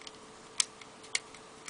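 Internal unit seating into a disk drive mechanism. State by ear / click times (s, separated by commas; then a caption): not seated / none. A unit is being put into a Famicom Disk System drive mechanism while the read head is held forward, and it is rotated slightly. Four short, sharp ticks sound at about 0.1, 0.6, 1.2 and 1.7 seconds, with the middle two the loudest, over a faint steady hum. Nothing has seated or clicked into place yet.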